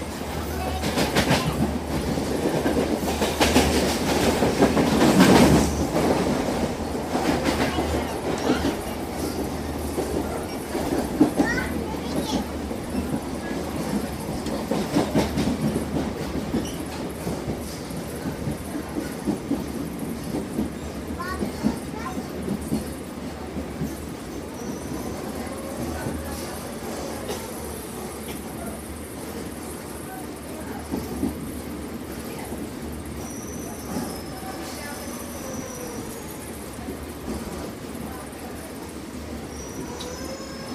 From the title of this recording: Upbeat Railroad Sounds